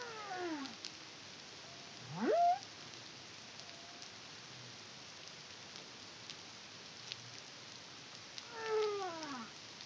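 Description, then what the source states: Humpback whale song: a falling harmonic cry, a sharp rising whoop, then another descending cry after a long pause, over hiss. Song recorded in the Caribbean under the CARIMAM project in 2023.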